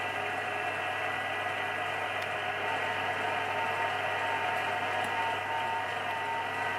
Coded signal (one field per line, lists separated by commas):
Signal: FT8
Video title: Tuto FT8 depuis smartphone vers Xiegu G90 sans CAT CONTROL